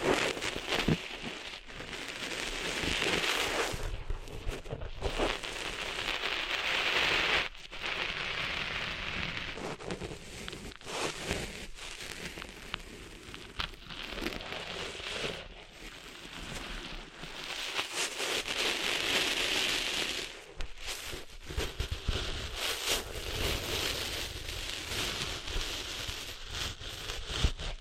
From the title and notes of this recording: ASMR Cleaning Sand Out of Your Ears (No Talking).